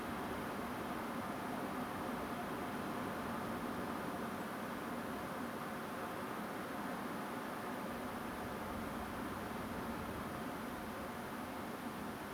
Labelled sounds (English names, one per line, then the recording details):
Song Thrush
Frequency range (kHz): Song Thrush 7.5-8.2 kHz
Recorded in France